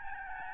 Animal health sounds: mosquito wingbeat signal from an infrared sensor; Aedes albopictus

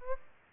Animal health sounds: mosquito wingbeat signal from an infrared sensor; Aedes albopictus

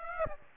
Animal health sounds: mosquito wingbeat signal from an infrared sensor; Aedes aegypti

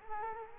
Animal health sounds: mosquito wingbeat signal from an infrared sensor; Culex quinquefasciatus

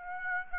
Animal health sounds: mosquito wingbeat signal from an infrared sensor; Aedes aegypti

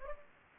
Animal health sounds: mosquito wingbeat signal from an infrared sensor; Anopheles gambiae

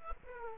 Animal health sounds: mosquito wingbeat signal from an infrared sensor; Aedes aegypti

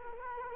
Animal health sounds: mosquito wingbeat signal from an infrared sensor; Culex quinquefasciatus

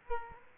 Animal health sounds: mosquito wingbeat signal from an infrared sensor; Aedes aegypti

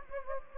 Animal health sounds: mosquito wingbeat signal from an infrared sensor; Anopheles gambiae

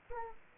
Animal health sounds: mosquito wingbeat signal from an infrared sensor; Aedes aegypti

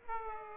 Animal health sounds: mosquito wingbeat signal from an infrared sensor; Aedes aegypti

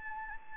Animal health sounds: mosquito wingbeat signal from an infrared sensor; Anopheles gambiae

